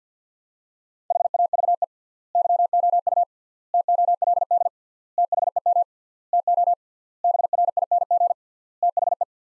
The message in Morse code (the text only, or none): HAVE YOU TOLD THEM TO BRING THE